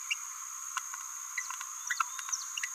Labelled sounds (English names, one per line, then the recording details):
Green-rumped Parrotlet babbling
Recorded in a nest box in Venezuela
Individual 18B17A4